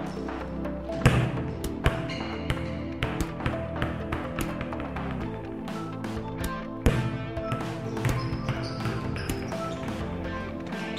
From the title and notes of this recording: Volleyball spikes + bounce. Shoes on gym floor.